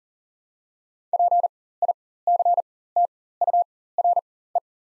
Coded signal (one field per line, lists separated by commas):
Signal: Morse code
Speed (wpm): 40 wpm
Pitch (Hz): 700 Hz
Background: none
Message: PICTURE